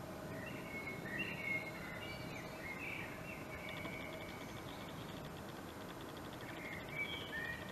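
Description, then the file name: Common blackbird song, several mellow warbled phrases with thin high twittering ends, spaced throughout over a steady hiss of background noise. "Turdus merula"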